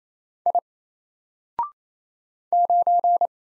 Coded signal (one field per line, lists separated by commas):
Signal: Morse code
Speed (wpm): 27 wpm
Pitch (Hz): 700 Hz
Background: none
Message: I 9